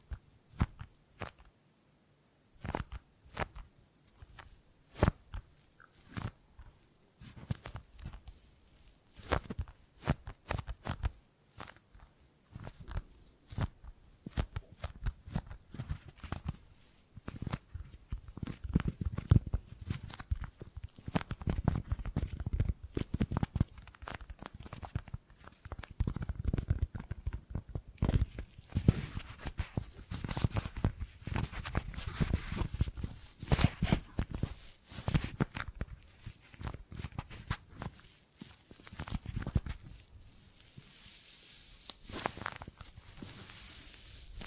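Gripping and grabbing sounds: dense, irregular clicks, rubs and rustles follow one another with no steady rhythm. The first half is sparser, with sharp separate taps. After about twenty seconds the handling thickens into a busier, lower rumbling scrape, with a bright hiss near forty seconds.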